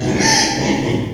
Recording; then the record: squeal of a Yucatan mini pig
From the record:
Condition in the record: before surgery on the right vocal fold (resection and tissue-engineered implant); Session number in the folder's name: 2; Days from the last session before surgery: 0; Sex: male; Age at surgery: 12 weeks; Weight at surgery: 13 kg